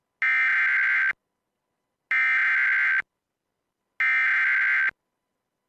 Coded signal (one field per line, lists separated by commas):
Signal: Emergency Alert System (SAME) tones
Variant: header bursts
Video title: EAS MINI SCENARIO: Markiplier Isn't Real